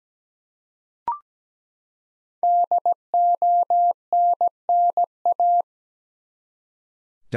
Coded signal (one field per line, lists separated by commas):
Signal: Morse code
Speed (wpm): 17 wpm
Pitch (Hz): 700 Hz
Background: none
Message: DONNA